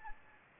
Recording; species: mosquito wingbeat signal from an infrared sensor; Anopheles gambiae